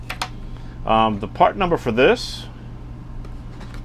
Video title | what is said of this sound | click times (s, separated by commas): Why Do You Need A TPMS And What Brand Do I Like? [TST Unboxing] | both hands and you slide it down evenly it goes on really nice and smooth and locks in place | 0.1 s, 0.2 s